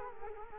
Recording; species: mosquito wingbeat signal from an infrared sensor; Culex quinquefasciatus